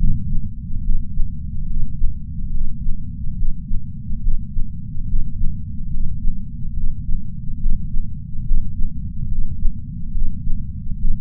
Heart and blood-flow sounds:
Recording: heart sounds by patch sensor on the chest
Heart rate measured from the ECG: 71 bpm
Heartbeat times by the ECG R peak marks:
0.82 s: heartbeat
1.67 s: heartbeat
2.52 s: heartbeat
3.35 s: heartbeat
4.21 s: heartbeat
5.07 s: heartbeat
5.91 s: heartbeat
6.74 s: heartbeat
7.59 s: heartbeat
8.44 s: heartbeat
9.29 s: heartbeat
10.12 s: heartbeat
10.98 s: heartbeat
From the record:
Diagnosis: coronary artery disease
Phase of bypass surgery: preoperative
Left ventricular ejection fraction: 60.7%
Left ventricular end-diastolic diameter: 49 mm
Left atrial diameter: 38 mm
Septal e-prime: 7.7 cm/s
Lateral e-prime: 8.9 cm/s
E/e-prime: 8.7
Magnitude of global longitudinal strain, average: 16.3%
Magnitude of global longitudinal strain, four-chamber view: 16.1%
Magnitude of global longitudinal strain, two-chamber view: 16.3%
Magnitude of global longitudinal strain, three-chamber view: 16.5%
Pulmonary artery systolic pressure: 21 mmHg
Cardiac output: 4.8 L/min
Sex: male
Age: 58 years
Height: 170 cm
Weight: 80 kg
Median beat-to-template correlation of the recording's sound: 0.88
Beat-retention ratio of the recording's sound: 1.00

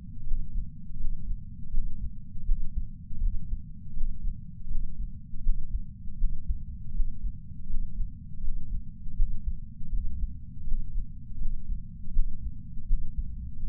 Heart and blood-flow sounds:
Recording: heart sounds by patch sensor on the chest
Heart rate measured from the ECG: 81 bpm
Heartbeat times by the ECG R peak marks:
0.24 s: heartbeat
0.97 s: heartbeat
1.71 s: heartbeat
2.44 s: heartbeat
3.19 s: heartbeat
3.94 s: heartbeat
4.68 s: heartbeat
5.42 s: heartbeat
6.17 s: heartbeat
6.92 s: heartbeat
7.67 s: heartbeat
8.41 s: heartbeat
9.15 s: heartbeat
9.90 s: heartbeat
10.64 s: heartbeat
11.38 s: heartbeat
12.12 s: heartbeat
12.86 s: heartbeat
13.60 s: heartbeat
From the record:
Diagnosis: coronary artery disease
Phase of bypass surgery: postoperative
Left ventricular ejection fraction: 39.2%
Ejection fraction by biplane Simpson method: 34.1%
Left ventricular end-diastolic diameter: 57 mm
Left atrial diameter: 41 mm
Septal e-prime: 4.9 cm/s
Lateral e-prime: 6.9 cm/s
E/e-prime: 12.9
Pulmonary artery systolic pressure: 24 mmHg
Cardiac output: 4.6 L/min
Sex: male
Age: 72 years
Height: 170 cm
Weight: 79 kg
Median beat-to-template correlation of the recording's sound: 0.87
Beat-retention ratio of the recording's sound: 0.99

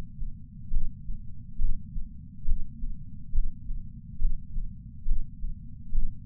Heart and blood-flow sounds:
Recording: heart sounds by patch sensor on the chest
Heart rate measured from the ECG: 69 bpm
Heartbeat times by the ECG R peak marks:
0.70 s: heartbeat
1.58 s: heartbeat
2.45 s: heartbeat
3.32 s: heartbeat
4.18 s: heartbeat
5.05 s: heartbeat
5.92 s: heartbeat
From the record:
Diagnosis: coronary artery disease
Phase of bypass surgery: intraoperative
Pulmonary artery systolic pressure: 30 mmHg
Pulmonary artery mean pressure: 20 mmHg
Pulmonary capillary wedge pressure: 14 mmHg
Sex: male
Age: 62 years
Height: 165 cm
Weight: 72 kg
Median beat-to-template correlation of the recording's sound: 0.95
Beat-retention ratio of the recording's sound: 0.98

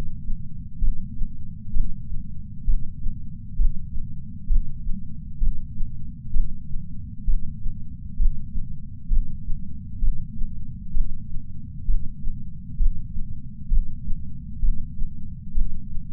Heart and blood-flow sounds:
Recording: heart sounds by patch sensor on the chest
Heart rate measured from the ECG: 65 bpm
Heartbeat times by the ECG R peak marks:
0.78 s: heartbeat
1.70 s: heartbeat
2.63 s: heartbeat
3.55 s: heartbeat
4.46 s: heartbeat
5.37 s: heartbeat
6.30 s: heartbeat
7.23 s: heartbeat
8.15 s: heartbeat
9.07 s: heartbeat
9.98 s: heartbeat
10.91 s: heartbeat
11.84 s: heartbeat
12.76 s: heartbeat
13.67 s: heartbeat
14.58 s: heartbeat
15.51 s: heartbeat
From the record:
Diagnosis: coronary artery disease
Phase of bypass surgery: intraoperative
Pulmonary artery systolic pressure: 22 mmHg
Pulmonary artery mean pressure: 15 mmHg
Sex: female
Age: 60 years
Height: 158 cm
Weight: 54 kg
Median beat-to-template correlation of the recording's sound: 0.93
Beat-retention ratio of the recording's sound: 0.95

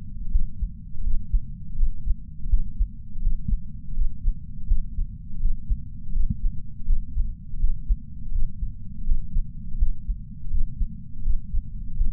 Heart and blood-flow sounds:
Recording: heart sounds by patch sensor on the chest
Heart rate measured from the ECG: 82 bpm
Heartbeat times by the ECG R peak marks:
0.31 s: heartbeat
1.04 s: heartbeat
1.76 s: heartbeat
2.49 s: heartbeat
3.22 s: heartbeat
3.94 s: heartbeat
4.67 s: heartbeat
5.40 s: heartbeat
6.13 s: heartbeat
6.86 s: heartbeat
7.60 s: heartbeat
8.32 s: heartbeat
9.04 s: heartbeat
9.78 s: heartbeat
10.51 s: heartbeat
11.23 s: heartbeat
11.97 s: heartbeat
From the record:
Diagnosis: coronary artery disease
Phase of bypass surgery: postoperative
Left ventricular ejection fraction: 56.8%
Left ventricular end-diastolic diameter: 44 mm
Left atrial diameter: 32 mm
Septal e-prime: 5.7 cm/s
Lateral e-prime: 6.1 cm/s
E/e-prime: 10.2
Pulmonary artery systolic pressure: 32 mmHg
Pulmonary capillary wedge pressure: 12 mmHg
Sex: male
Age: 65 years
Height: 165 cm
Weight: 60 kg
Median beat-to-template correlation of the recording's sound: 0.87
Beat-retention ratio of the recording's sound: 1.00

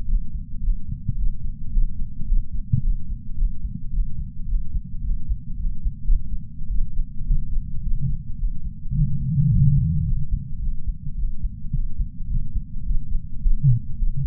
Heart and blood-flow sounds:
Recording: heart sounds by patch sensor on the chest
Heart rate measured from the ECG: 108 bpm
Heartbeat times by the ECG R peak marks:
0.63 s: heartbeat
1.17 s: heartbeat
1.72 s: heartbeat
2.27 s: heartbeat
2.83 s: heartbeat
3.37 s: heartbeat
3.92 s: heartbeat
4.48 s: heartbeat
5.03 s: heartbeat
5.58 s: heartbeat
6.08 s: heartbeat
6.70 s: heartbeat
7.26 s: heartbeat
7.82 s: heartbeat
8.38 s: heartbeat
8.94 s: heartbeat
9.49 s: heartbeat
10.05 s: heartbeat
10.61 s: heartbeat
11.17 s: heartbeat
11.73 s: heartbeat
12.29 s: heartbeat
12.85 s: heartbeat
13.41 s: heartbeat
13.97 s: heartbeat
From the record:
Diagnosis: coronary artery disease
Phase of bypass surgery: postoperative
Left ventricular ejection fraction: 58.9%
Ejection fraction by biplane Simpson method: 44.4%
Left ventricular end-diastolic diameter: 54 mm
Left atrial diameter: 37 mm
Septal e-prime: 4.3 cm/s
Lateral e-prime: 5.9 cm/s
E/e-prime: 16.9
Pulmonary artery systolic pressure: 25 mmHg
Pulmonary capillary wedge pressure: 7 mmHg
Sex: male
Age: 66 years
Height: 165 cm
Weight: 65 kg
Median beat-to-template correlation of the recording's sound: 0.77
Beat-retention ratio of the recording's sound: 0.99

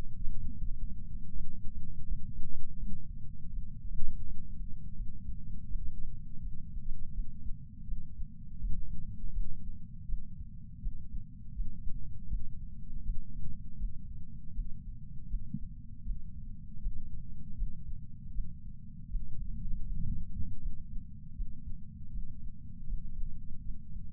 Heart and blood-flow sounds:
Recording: heart sounds by patch sensor on the chest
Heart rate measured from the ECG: 81 bpm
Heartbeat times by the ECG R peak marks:
0.59 s: heartbeat
1.32 s: heartbeat
2.05 s: heartbeat
2.77 s: heartbeat
3.50 s: heartbeat
4.23 s: heartbeat
4.94 s: heartbeat
5.68 s: heartbeat
6.41 s: heartbeat
7.13 s: heartbeat
7.85 s: heartbeat
8.59 s: heartbeat
9.32 s: heartbeat
10.06 s: heartbeat
10.80 s: heartbeat
11.53 s: heartbeat
12.28 s: heartbeat
13.03 s: heartbeat
13.77 s: heartbeat
14.53 s: heartbeat
15.27 s: heartbeat
16.03 s: heartbeat
16.80 s: heartbeat
17.55 s: heartbeat
18.32 s: heartbeat
19.08 s: heartbeat
19.84 s: heartbeat
20.59 s: heartbeat
21.34 s: heartbeat
22.11 s: heartbeat
22.86 s: heartbeat
23.62 s: heartbeat
From the record:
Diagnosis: coronary artery disease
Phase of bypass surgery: intraoperative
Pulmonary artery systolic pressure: 27 mmHg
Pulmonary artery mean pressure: 22 mmHg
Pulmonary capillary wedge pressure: 12 mmHg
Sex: male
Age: 49 years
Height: 175 cm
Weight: 80 kg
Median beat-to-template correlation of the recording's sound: 0.80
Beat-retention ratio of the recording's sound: 1.00

